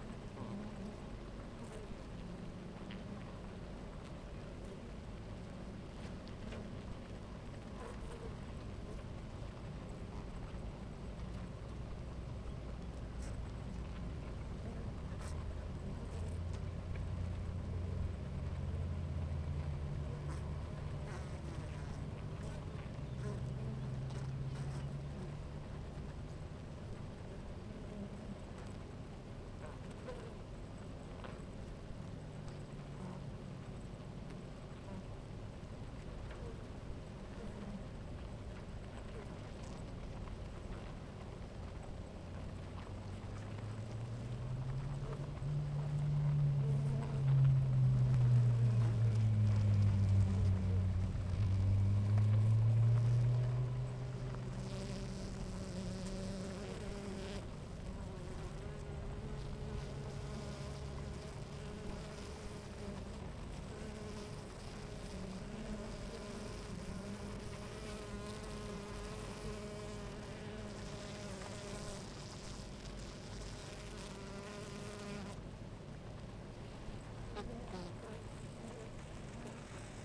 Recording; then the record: honeybee colony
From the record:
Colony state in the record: active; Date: 28 July 2017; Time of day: 11:43